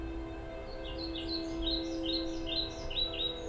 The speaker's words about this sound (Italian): Il cinguettio degli uccelli che volano da un ramo all'altro, il fruscio di un vento dolce e tiepido tra le foglie le infonde serenità e pace.